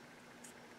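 A watch band end piece is being handled at the slot on the other side of an Apple Watch SE 2 case, sliding toward it. Steady broadband hiss with a brief soft high-frequency burst near 0.5 s. Nothing has seated or clicked yet.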